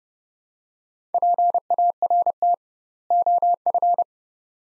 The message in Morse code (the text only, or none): PART OF